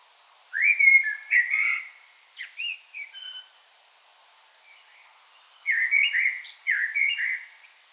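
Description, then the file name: Common blackbird singing varied fluted whistles, a few lower notes, a short pause, then a quicker run of warbling phrases. "Turdus merula"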